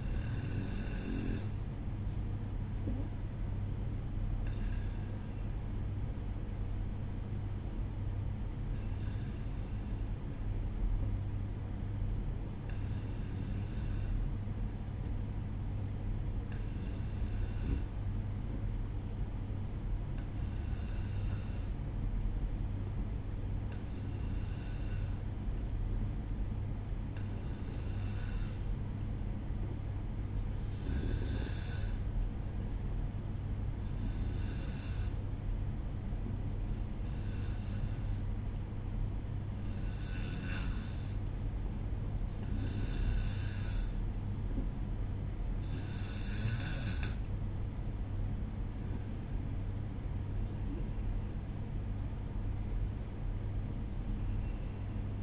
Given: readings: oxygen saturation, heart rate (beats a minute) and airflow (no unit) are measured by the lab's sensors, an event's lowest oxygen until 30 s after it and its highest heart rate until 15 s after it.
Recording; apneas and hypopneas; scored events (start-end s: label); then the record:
breathing in sleep by a smartphone at the bedside; 1
2.00-32.00 s: new sleep stage, N1 (lightest sleep)
28.00-45.40 s: hypopnea (N1, oxygen 94% highest, then 91% lowest, heart rate 64 at the start, 68 highest)
32.00-55.23 s: new sleep stage, N2 (light sleep)
From the record:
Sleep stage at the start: N2 (light sleep); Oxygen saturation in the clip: 92 to 94%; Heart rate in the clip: 60 to 68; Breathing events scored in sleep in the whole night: 305 in 9.6 hours asleep